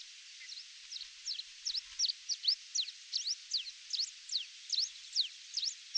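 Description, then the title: Long-tailed reed finch calling with quick, thin, high chips repeated steadily throughout, with soft background hiss. "LuckyPassaro Completos2Sama. Long-tailed Reed Finch (Donacospiza albifrons)"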